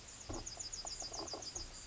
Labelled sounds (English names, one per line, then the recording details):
Yellowhammer song
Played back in grassland
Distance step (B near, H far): F
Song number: 157